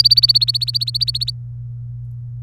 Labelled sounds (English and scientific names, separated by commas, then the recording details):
Domestic Canary (Serinus canaria) song
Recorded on 24 April 2018 at 18:12
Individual llb3